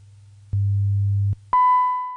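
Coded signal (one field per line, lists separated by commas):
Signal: radio time signal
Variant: WWV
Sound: low 100 Hz hum, a louder hum for under a second, then a steady high tone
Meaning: The 1 kHz tone marks the start of a new minute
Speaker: at the tone 19 hours 1 minute coordinated Universal Time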